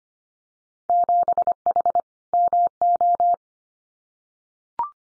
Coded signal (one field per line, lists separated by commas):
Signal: Morse code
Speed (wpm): 25 wpm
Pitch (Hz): 700 Hz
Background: none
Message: 7H MO